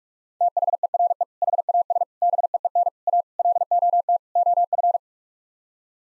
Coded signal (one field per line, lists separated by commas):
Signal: Morse code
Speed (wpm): 46 wpm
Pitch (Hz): 700 Hz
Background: none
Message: THERE HAS BEEN A LOT OF